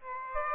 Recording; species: mosquito wingbeat signal from an infrared sensor; Aedes aegypti